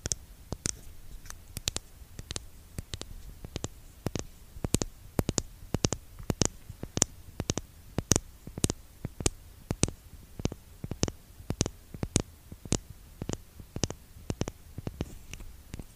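Lip gloss tubes are tapped in a quick, fairly steady rhythm, each tap a sharp, bright click about two or three times per second, with occasional doubled taps. The sound is dry, over a faint low hum.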